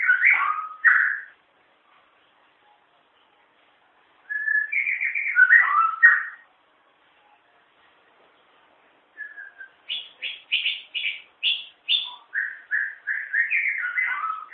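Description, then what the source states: White-rumped shama song with rich warbled phrases separated by pauses, then a fast sequence of repeated high whistled notes dropping into lower varied notes. Wild bird in forest; original natural song.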